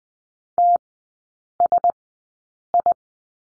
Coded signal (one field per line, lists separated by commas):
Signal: Morse code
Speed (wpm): 20 wpm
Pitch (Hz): 700 Hz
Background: none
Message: TSI